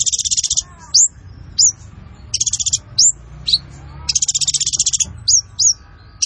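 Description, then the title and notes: Sunbird delivering dense high buzzy trills broken by single sharp upslurred whistles, repeated in brisk alternation over faint low background noise. Masteran song for training and luring other birds; described as gacor (vigorous singer), with full isian fills and tembakan bursts. "MASTERAN KOLIBRI NINJA FULL ISIAN DAN TEMBAKAN COCOK BUAT PANCINGAN. Suara Burung Kolibri Ninja Gacor"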